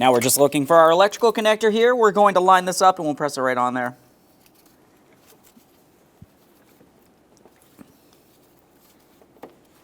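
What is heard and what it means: A wiring harness electrical connector is being lined up to press onto an engine component of a 2015-2019 Subaru Outback 2.5L H4 during a valve cover gasket replacement. Someone talks for the first four seconds, then only a few faint handling taps are heard against a quiet background. Nothing has seated or clicked yet.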